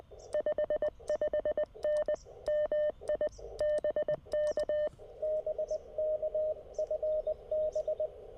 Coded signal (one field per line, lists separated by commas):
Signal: Morse code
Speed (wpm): 20 wpm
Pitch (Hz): 600 Hz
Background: none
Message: 55N MI BK BK FB